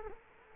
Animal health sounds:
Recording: mosquito wingbeat signal from an infrared sensor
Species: Culex quinquefasciatus

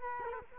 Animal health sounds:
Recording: mosquito wingbeat signal from an infrared sensor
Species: Culex quinquefasciatus

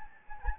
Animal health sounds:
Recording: mosquito wingbeat signal from an infrared sensor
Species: Anopheles gambiae

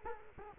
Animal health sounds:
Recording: mosquito wingbeat signal from an infrared sensor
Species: Culex quinquefasciatus

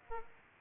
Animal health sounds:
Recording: mosquito wingbeat signal from an infrared sensor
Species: Aedes aegypti

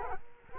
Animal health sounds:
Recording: mosquito wingbeat signal from an infrared sensor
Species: Culex quinquefasciatus

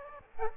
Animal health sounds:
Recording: mosquito wingbeat signal from an infrared sensor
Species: Aedes aegypti

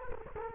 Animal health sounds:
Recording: mosquito wingbeat signal from an infrared sensor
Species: Culex quinquefasciatus

